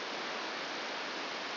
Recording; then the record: brain microelectrode recording played as sound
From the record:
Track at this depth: inside the subthalamic nucleus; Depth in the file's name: -4.079 mm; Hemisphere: left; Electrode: 2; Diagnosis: Parkinson's disease